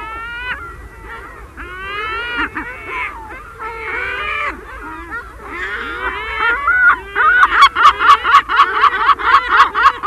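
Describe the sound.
Herring gull calls: drawn-out wailing mews and yelps build into a fast, strident laughing series of clipped notes in the final seconds.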